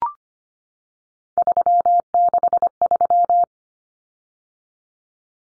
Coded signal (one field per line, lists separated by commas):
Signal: Morse code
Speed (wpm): 25 wpm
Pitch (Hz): 700 Hz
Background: none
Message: 363